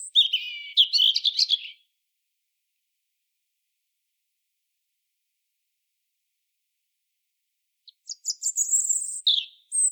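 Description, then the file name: European robin singing a tumbling, twittering phrase, then a long pause before another high phrase. "Erithacus rubecula"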